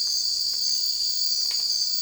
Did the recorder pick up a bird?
no